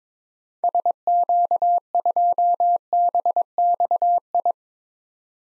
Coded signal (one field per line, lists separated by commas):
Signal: Morse code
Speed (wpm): 21 wpm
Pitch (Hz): 700 Hz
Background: none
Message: SQ2BXI